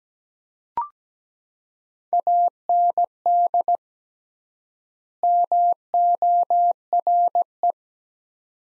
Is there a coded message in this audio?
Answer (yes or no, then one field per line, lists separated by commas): yes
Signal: Morse code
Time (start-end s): 2.1-7.7 s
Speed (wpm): 17 wpm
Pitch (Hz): 700 Hz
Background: none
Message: AND MORE